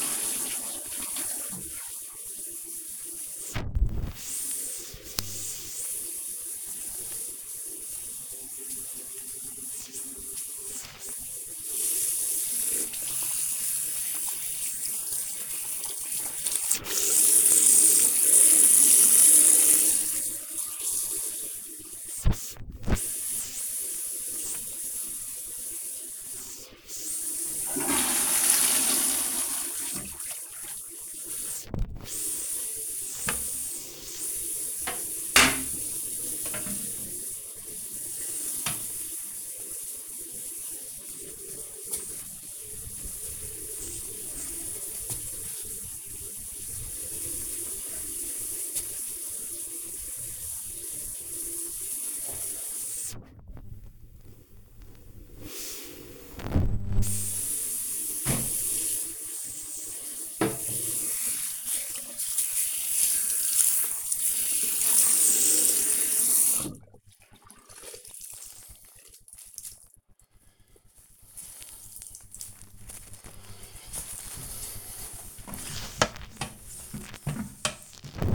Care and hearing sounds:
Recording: household activities, microphone on the right wrist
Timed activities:
0.00-69.42 s: cleaning bathroom

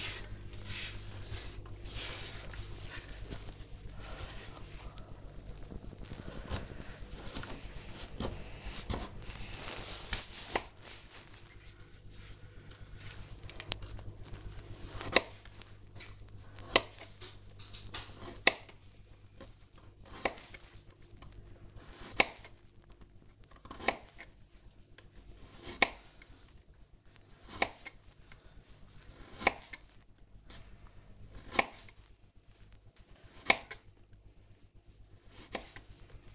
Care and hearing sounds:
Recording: household activities, microphone on the right wrist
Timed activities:
0.00-36.35 s: cutting vegetables

